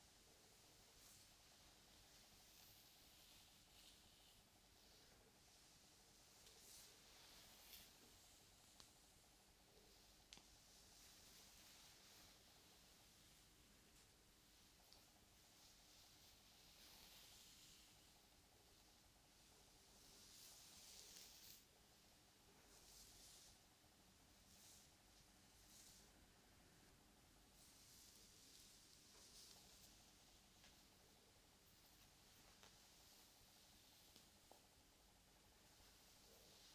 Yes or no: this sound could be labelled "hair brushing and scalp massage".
yes